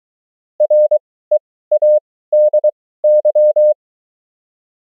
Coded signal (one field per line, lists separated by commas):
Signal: Morse code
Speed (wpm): 23 wpm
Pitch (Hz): 600 Hz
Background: none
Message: READY